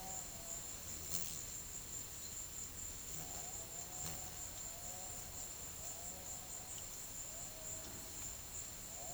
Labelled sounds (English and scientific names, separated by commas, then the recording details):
none
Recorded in pastures near Puerto Asís, Putumayo, Colombia, on 28 February 2025 at 15:00
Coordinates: 0.505, -76.324
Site GP08